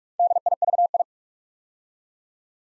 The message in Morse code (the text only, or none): DIVI